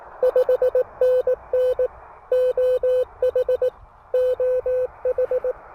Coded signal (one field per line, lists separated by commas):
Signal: Morse code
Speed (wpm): 20 wpm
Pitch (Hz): 500 Hz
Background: none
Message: 5NN OH OH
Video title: Morse Code In-Hand: Fast POTA with the Elecraft KH1!